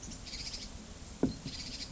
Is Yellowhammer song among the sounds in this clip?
no